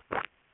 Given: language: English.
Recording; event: throat vibration sensor signal played as sound; swallow